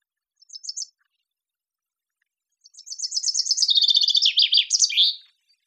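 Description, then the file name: Common chaffinch song: a few brief high notes, a pause, then a descending trill of rapid notes that ends in a short flourish. "Fringilla coelebs"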